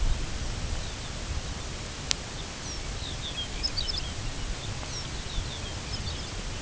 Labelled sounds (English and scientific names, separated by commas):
Lapland Longspur (Calcarius lapponicus)